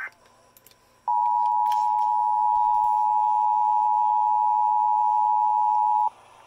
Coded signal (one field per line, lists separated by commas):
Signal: Emergency Alert System (SAME) tones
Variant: 853 and 960 Hz attention tone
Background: speech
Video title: EAS 1551-1554 KDKA RWT